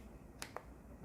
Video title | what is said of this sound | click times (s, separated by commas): One of the highest-rated cases on Amazon.Available for all Samsung s23 phones by CRAVE. lightweight | I've got it dead right and you can hear the clicks it's on on and | 0.4 s, 0.6 s